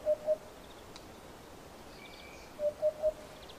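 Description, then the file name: Eurasian hoopoe hooting: a soft low double 'oop-oop', then after a pause a triple 'oop-oop-oop' on one even pitch, with faint high chirps. "Abubilla"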